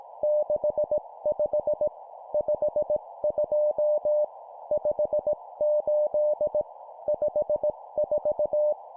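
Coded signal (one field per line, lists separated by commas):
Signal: Morse code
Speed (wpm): 18 wpm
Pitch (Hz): 600 Hz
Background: none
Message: 65 52 58 54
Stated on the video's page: Morse code practice at 17 WPM, two-number words.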